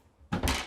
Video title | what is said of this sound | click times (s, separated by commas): Ride Along: Winnebago View 24D Walkthrough | locks right here. And then it locks there too. | 0.3 s